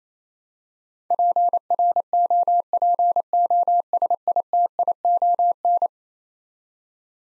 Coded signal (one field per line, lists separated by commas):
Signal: Morse code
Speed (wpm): 28 wpm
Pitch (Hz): 700 Hz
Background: none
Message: PROPOSITION